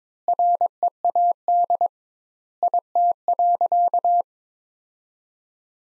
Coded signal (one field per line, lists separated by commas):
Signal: Morse code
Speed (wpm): 22 wpm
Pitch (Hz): 700 Hz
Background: none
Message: READ IT.